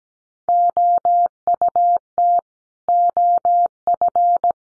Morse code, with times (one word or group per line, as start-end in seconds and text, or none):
0.5-2.4 OUT
2.9-4.5 OF